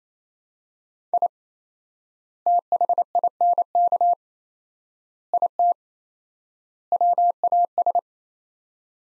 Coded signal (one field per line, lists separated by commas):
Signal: Morse code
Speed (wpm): 28 wpm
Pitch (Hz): 700 Hz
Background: none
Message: I THINK IT WAS